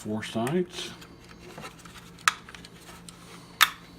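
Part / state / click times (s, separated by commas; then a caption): power window switch module into truck door trim panel / seated / 2.3 s, 3.6 s. A new plastic power window and mirror switch module for a 2012 Chevy 2500 Silverado is pushed into the truck's door trim panel from the opposite side. Someone talks, then sharp clicks ring out at 2.3 s and 3.6 s as its retaining tabs snap in on all four sides. The module is seated.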